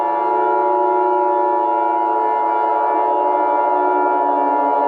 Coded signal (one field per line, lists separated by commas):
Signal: Emergency Alert System (SAME) tones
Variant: 853 and 960 Hz attention tone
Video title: TWISTERWORK: An EAS Scenario